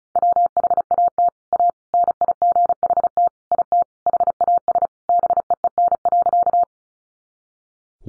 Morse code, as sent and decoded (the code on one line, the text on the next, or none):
.-- .... .- - / .- / -. .. --. .... - / .. - / .... .- ... / -... . . -. .-.-.-
WHAT A NIGHT IT HAS BEEN.